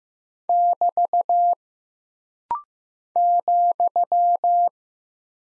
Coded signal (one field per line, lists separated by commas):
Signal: Morse code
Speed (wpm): 15 wpm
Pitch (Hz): 700 Hz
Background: none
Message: <BT> ,